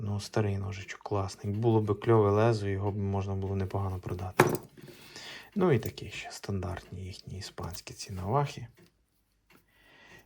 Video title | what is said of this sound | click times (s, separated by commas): Барахолка в Іспанських горах, ROLEX по 3 евро🧨. БЕНІДОРМ - БЕРЕЗЕНЬ | настільки брудний що навіть не фіксується правильно то його треба почистити і все буде гаразд | none